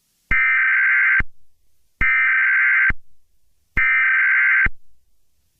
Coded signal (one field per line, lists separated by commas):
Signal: Emergency Alert System (SAME) tones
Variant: header bursts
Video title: Grug The EAS Scenario (#101)